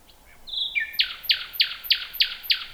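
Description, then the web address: Common nightingale phrase: a thin high whistle, then six loud harsh notes repeated about three per second. "nachtegaal luscinia megarhynchos"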